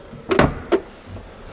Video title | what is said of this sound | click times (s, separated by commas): Größter Liner Kastenwagen Grundriß aller Zeiten: Kabe Affinity 2022. 6,40m! XL Bad! XXL Raumgefühl | Ja, rastet ein. | 0.3 s, 0.4 s